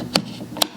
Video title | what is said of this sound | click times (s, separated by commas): My Coffee Set up // Cocinare Essence Electric Coffee Grinder Review | click in place | 0.2 s, 0.6 s